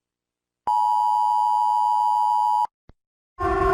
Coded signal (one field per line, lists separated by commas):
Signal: Emergency Alert System (SAME) tones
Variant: 853 and 960 Hz attention tone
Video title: EAS Alarms From EVERY Country In The World